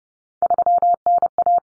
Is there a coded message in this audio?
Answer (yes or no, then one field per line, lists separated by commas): yes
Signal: Morse code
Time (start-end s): 0.4-1.6 s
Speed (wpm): 30 wpm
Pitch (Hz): 700 Hz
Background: none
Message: 3NA